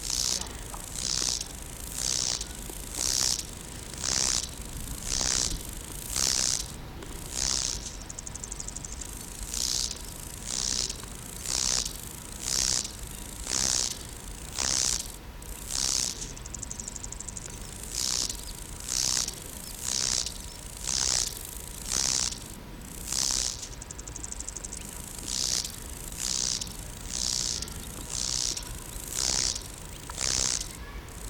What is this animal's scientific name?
Chorthippus albomarginatus